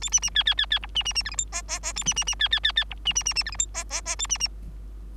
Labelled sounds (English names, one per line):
Bengalese Finch song